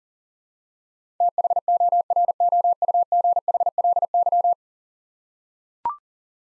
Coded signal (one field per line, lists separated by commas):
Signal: Morse code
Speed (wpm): 38 wpm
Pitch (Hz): 700 Hz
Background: none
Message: THOROUGHLY